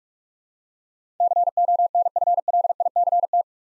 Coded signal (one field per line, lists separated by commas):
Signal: Morse code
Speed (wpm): 44 wpm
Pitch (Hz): 700 Hz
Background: none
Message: CONFLICT